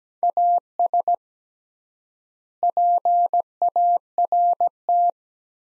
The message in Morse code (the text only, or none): AS PART